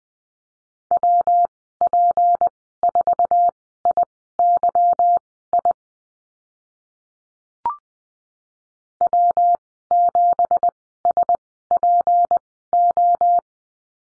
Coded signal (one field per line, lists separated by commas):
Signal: Morse code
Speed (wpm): 20 wpm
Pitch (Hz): 700 Hz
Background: none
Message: WP4IYI W7SPO